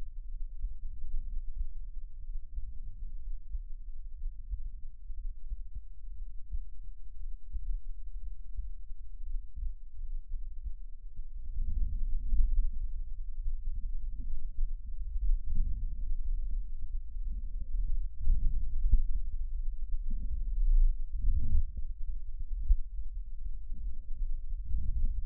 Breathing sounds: lung sounds by stethoscope; left anterior apical chest; quiet breathing, then deep breathing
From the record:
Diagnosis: interstitial lung disease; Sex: male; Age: 82 years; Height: 158 cm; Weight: 49 kg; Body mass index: 19.6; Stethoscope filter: bell mode

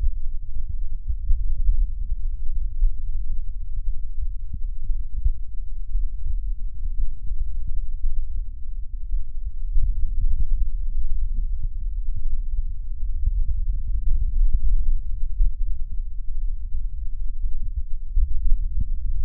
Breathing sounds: lung sounds by stethoscope; left anterior apical chest; quiet breathing, then deep breathing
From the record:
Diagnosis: COPD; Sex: female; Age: 65 years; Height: 156 cm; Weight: 63.9 kg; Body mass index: 26.3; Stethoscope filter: bell mode

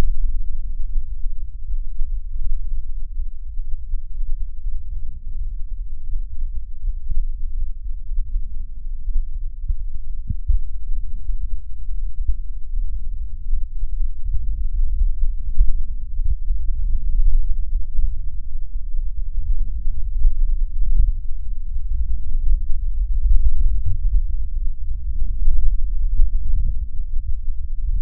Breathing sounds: lung sounds by stethoscope; left posterior apical chest; quiet breathing, then deep breathing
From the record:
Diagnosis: COPD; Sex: female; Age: 80 years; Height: 160 cm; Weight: 62 kg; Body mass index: 24.2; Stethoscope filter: bell mode

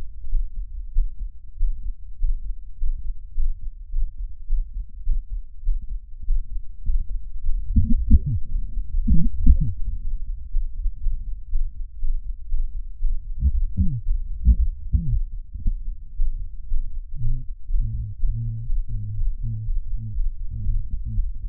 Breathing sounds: lung sounds by stethoscope; left anterior apical chest; quiet breathing, then cough and speech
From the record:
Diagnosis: none (healthy); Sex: male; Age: 30 years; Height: 190 cm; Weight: 88 kg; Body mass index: 24.4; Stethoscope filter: bell mode

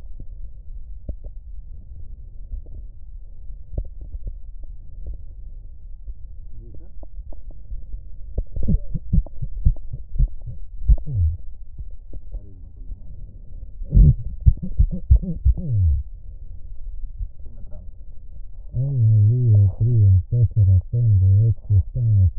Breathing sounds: lung sounds by stethoscope; right posterior basal chest; quiet breathing, then cough and speech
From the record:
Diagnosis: none (healthy); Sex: male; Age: 60 years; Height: 190 cm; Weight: 150 kg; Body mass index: 41.6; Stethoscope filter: extended mode

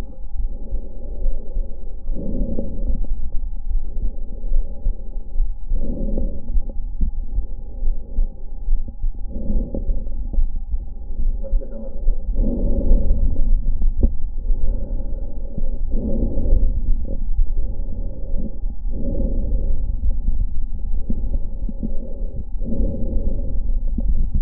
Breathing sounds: lung sounds by stethoscope; left anterior apical chest; quiet breathing, then deep breathing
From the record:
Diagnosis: interstitial lung disease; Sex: female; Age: 72 years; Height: 153 cm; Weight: 71 kg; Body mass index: 30.3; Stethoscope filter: diaphragm mode

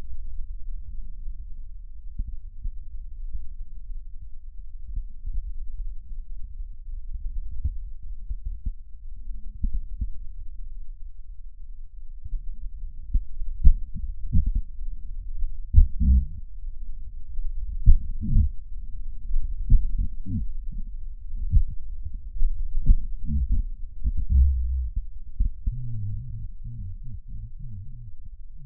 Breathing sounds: lung sounds by stethoscope; right posterior basal chest; quiet breathing, then cough and speech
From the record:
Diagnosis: pulmonary infection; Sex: male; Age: 69 years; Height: 184 cm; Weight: 115 kg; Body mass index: 34.0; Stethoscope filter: bell mode

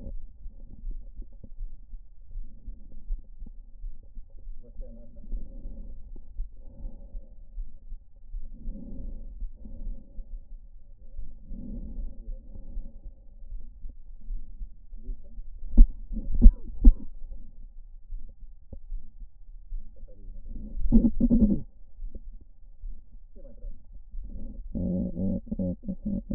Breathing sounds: lung sounds by stethoscope; right anterior apical chest; quiet breathing, then cough and speech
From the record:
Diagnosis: COPD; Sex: female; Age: 72 years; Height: 156 cm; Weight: 72 kg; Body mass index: 29.6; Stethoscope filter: diaphragm mode

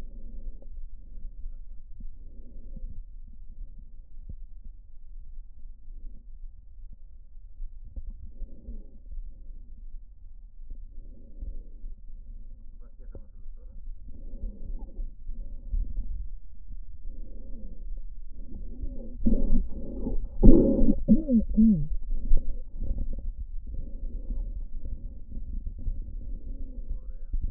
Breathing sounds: lung sounds by stethoscope; left posterior apical chest; quiet breathing, then deep breathing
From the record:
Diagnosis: asthma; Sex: female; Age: 56 years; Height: 161 cm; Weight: 85 kg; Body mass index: 32.8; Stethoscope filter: diaphragm mode

